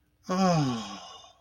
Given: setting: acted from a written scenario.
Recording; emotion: vocal sound without words; ecstasy